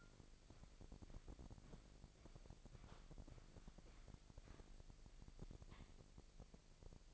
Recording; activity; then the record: daily activity, microphone in the room; walk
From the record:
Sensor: 5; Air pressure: 1001.8 hPa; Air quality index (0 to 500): 187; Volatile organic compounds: 13 ppm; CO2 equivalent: 2403 ppm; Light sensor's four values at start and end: 33/107/41/43 and 33/107/41/43